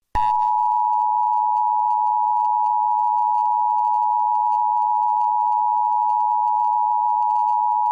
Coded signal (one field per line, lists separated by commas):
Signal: Emergency Alert System (SAME) tones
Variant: 853 and 960 Hz attention tone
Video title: EAS Scenario: Asteroid Impact